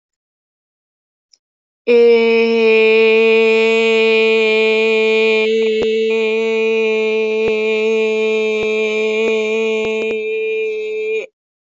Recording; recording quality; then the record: sustained vowel as in made; excellent, no background noise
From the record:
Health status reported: exposed to COVID-19, no respiratory illness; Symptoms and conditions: none ticked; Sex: female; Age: 22 years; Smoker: not ticked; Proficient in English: yes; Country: India